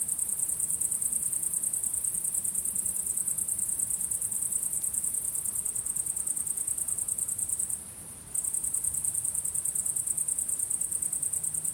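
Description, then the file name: Crickets in a dense high-pitched pulsing chorus, rapid chirps running almost without pause, with a short break near eight seconds and a faint low hum beneath. Recorded at sunset. "syrsor solnedgang"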